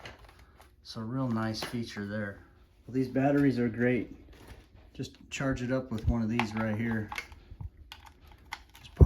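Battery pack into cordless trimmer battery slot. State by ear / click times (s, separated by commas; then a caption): seated / 7.9 s, 8.5 s. A rechargeable plastic battery pack is slid into the battery slot of a 3-in-1 battery-operated cordless weed trimmer on wheels with cutting blades while someone talks. Sharp clicks at 7.9 s and 8.5 s are heard as the pack seats in the slot.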